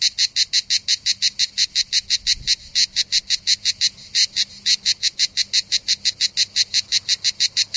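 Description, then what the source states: Cicada producing rhythmic raspy pulses, several a second, steady and loud, with a faint low thump early on. Recorded 3 September 2009, around 07:33 in the morning.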